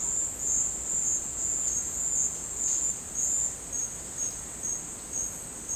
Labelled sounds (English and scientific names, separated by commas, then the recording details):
none
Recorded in dense forest near Puerto Asís, Putumayo, Colombia, on 22 December 2024 at 10:00
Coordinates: 0.466, -76.327
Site G075